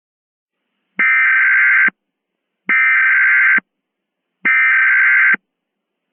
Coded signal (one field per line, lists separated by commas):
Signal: Emergency Alert System (SAME) tones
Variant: header bursts